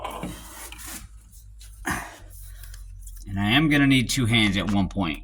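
A metal front axle shaft on a Hummer H3 / Chevy Colorado is fed up and lined up with the front differential opening, making rubbing and scraping sounds with a few sharp knocks, while someone talks. The shaft has not clicked or seated yet.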